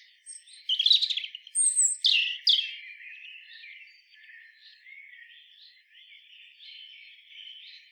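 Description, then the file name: European robin song: a burst of bright, high whistled and trilled notes with quick sweeping slurs, then a quieter, rambling warble running to the end. "Erithacus rubecula"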